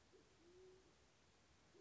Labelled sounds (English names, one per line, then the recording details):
Band-tailed Pigeon
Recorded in Sonoma County, California